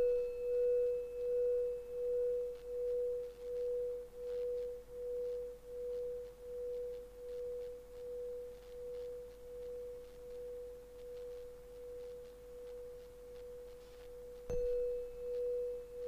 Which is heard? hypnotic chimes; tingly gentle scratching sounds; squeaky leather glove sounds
hypnotic chimes